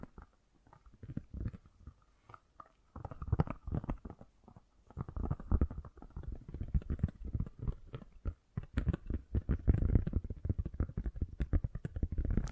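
Fast, gentle tapping in dense, uneven flurries, mostly soft and low, with brief pauses near two and five seconds and brighter clicks.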